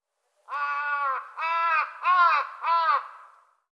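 Bird giving four harsh cawing notes in a row, the first longest, the later ones shorter and arched, fading out at the end.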